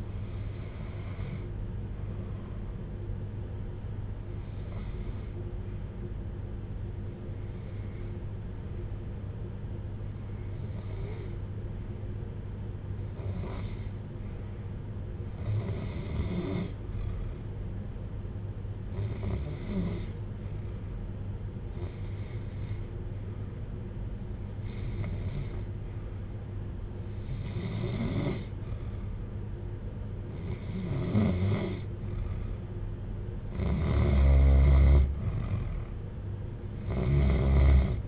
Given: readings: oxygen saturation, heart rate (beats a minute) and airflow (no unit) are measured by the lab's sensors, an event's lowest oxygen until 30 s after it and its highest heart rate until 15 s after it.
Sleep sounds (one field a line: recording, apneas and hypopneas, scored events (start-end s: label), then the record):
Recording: breathing in sleep by a smartphone at the bedside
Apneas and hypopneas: 1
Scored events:
4.00-33.10 s: hypopnea (REM, oxygen 96% highest, then 88% lowest, heart rate 61 at the start, 71 highest)
From the record:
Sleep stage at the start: REM sleep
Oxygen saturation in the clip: 82 to 96%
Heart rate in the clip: 56 to 68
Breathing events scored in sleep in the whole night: 310 in 8.1 hours asleep